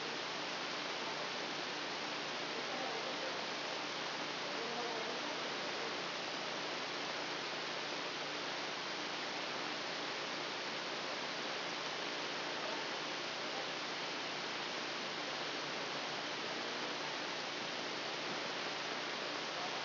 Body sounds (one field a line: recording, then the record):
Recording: brain microelectrode recording played as sound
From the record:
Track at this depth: inside the subthalamic nucleus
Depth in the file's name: 1.912 mm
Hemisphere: left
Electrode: 2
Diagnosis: Parkinson's disease